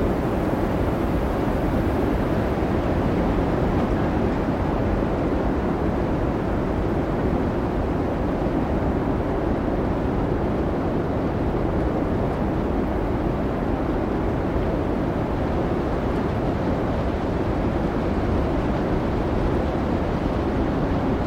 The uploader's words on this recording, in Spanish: Ambiente de Tormenta Invernal | Blizzard Islandés y Viento Aullante. Capturado durante la noche en la enorme tormenta de nieve Diddú en Reikiavik, experimenta los sonidos reales y salvajes de vientos aullantes y nieve giratoria.